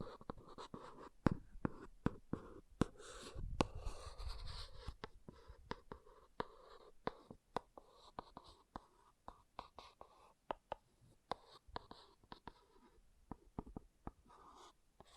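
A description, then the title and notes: An object scratches in short, sharp strokes, dozens of crisp ticks and scrapes landing irregularly but steadily across the whole clip. Around the fourth second a louder, rougher rubbing burst adds a low rumble before the quick scratching resumes, thinning slightly toward the end. ASMR Brain Melting Object Scratching (No Talking).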